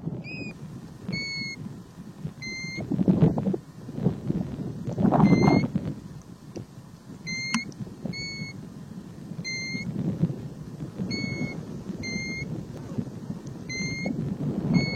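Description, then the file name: European golden plover song: pure, slightly rising whistles, singly and in pairs, repeated many times over a low rumble. "canto da tarambola dourada"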